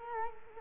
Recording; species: mosquito wingbeat signal from an infrared sensor; Culex quinquefasciatus